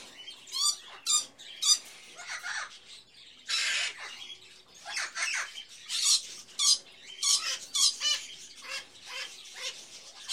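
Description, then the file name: Birds squawking and chattering, harsh high screeches and rapid calls overlapping in irregular bursts, one longer raspy screech before the middle. Various birds in a pet shop, ambience. "Sound Ideas 2000 Series. Birds, Various Birds In A Pet Shop"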